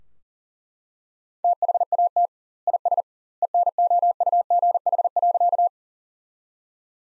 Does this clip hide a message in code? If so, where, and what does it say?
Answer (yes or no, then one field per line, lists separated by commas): yes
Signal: Morse code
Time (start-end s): 1.4-5.7 s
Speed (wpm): 40 wpm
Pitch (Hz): 700 Hz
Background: none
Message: THAT IS ENOUGH.